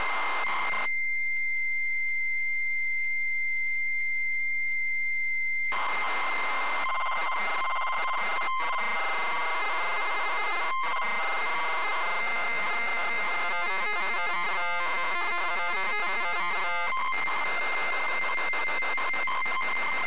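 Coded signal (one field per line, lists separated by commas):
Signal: ZX Spectrum tape loading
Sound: harsh buzzing hiss, then rasping warbling data tones over a steady high whine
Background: steady whine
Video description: ZX Spectrum load up and quick game play of Return Of The Jedi loaded up using a zx spectrum +3 with a wh smith cpd8300 cassette player.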